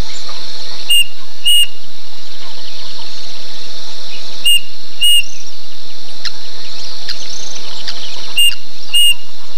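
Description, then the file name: Bird repeating paired whistled notes three times, pairs spaced a few seconds apart, beneath which a high insect drone runs continuously with occasional faint chirps. "SABIOD 50 bird 2015"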